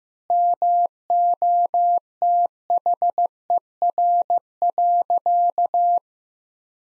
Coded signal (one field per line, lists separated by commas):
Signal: Morse code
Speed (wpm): 15 wpm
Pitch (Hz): 700 Hz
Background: none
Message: MOTHER.